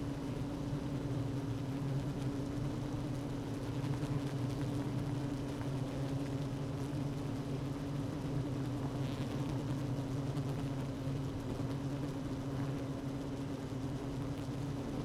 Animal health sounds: honeybee colony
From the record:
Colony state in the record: active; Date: 12 June 2018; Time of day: 16:11

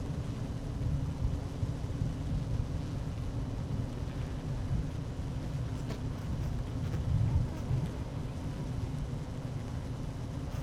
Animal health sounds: honeybee colony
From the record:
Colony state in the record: active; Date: 12 June 2018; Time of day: 11:57

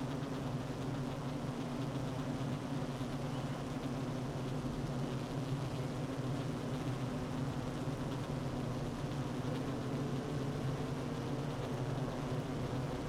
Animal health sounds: honeybee colony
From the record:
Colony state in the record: active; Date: 12 June 2018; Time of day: 9:43

